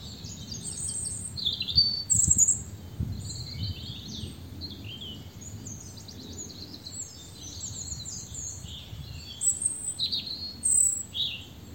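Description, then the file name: European robin song of quick, high, varied warbles and thin trills, loud bursts near the start and end, with quieter phrases between and a low rumble. "Erithacus rubecula"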